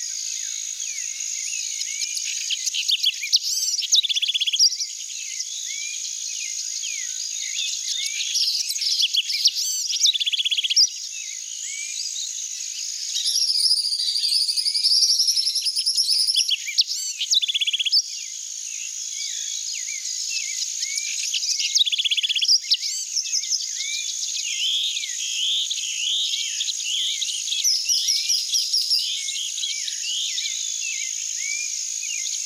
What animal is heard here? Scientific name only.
Troglodytes aedon